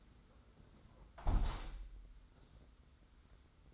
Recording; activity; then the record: daily activity, microphone in the room; close window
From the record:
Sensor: 3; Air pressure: 991.2 hPa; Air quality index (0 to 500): 126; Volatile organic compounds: 135 ppm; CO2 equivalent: 3951 ppm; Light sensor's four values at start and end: 50/136/56/49 and 48/132/54/47